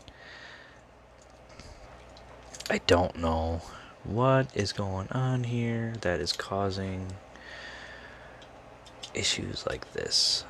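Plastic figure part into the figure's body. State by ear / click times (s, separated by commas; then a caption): not seated / none. A plastic part of a Transformers Studio Series '86 Arcee figure is pushed into the figure's body during transformation, with faint short ticks of handling while someone talks. The part has not clicked in; it does not lock and does not fit as well as it should.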